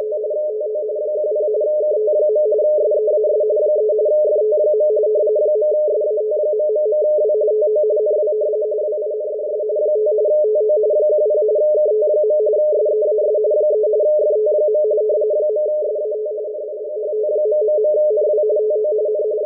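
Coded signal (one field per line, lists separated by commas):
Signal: RTTY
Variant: 45 baud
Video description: Using a WebSDR and FLDIGI in RTTY-45 mode to decode the WLO marine weather report for the Caribbean and Atlantic waters.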